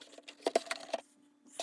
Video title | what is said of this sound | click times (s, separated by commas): PS5 Slim HDMI Port Repair & Faceplate Replacement | push those in. And then everything else just click in place. | 0.3 s, 0.5 s, 0.6 s, 0.7 s, 0.9 s